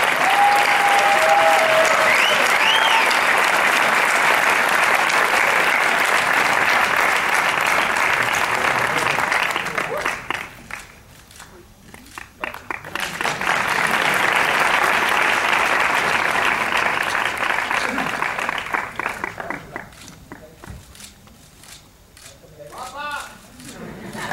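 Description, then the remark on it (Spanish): Loud, sustained audience applause at the Sitges Film Festival as Úrsula Corberó receives the award for the indomitable spirit fills the first ten seconds, dips briefly, then swells again into another long round of clapping before fading out. “Aplauso, ¿no?”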